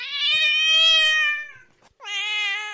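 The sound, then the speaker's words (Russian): A thirsty cat meows twice, first a long drawn-out, high-pitched wail, then after a brief pause a shorter, slightly rising meow. Both are loud and clear, with no talking. “Кошка, которую тем временем жажда стала еще больше мучить, на вопрос пажа могла ответить только...”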